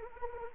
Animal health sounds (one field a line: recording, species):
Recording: mosquito wingbeat signal from an infrared sensor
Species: Anopheles arabiensis